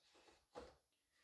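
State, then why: Not seated. A foot for a Samsung The Frame QLED 4K UHD TV is lined up with the groove of the stand slot on the TV's back and pushed along it, making a short sliding scrape that peaks around 0.6 s and fades by 0.8 s, with quiet handling noise before and after. Nothing has clicked or locked in yet.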